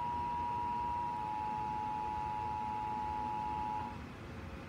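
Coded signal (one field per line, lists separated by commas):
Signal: Emergency Alert System (SAME) tones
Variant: 853 and 960 Hz attention tone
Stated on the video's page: Tornado warning alert aired on TV.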